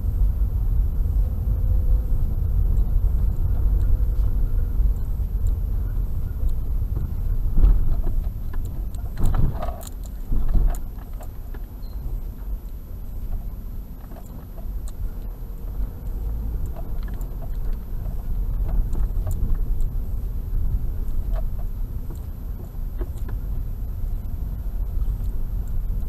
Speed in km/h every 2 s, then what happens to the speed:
21, 21, 18, 14, 8, 8, 8, 9, 14, 15, 15, 13, 13.
3-8 slows to 8. 8-13 steady at about 8. 13-18 speeds up to 15. 18-26 steady at about 13.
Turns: none.